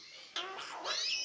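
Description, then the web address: Australian king parrot giving harsh, scratchy calls that end in a high, thin whistled note, with a quiet background. Recorded 16 January 2019. "parrots alisterus-scarularis"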